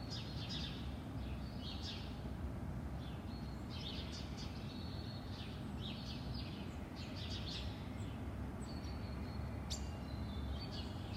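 Birds chirping in quick high bursts and short trills, several overlapping throughout, over a steady low rumble.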